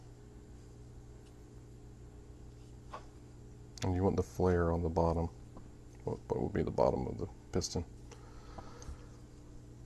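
During a floor jack rebuild, a rubber cup seal is handled over a hydraulic piston with its flare facing what will be the piston's bottom, ready to be pressed down. Someone talks over a low steady hum, with a few faint handling taps around 2.9, 3.8 and 8.1 to 8.8 seconds. Nothing has seated or clicked yet.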